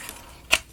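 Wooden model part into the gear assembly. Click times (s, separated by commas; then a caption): 0.5 s. A wooden model part from a ROKR mechanical gears locomotive kit is slid back into its slot in the gear assembly. A faint tick sounds near 0.1 s, then a loud, sharp click at 0.5 s as the part locks into place, seated.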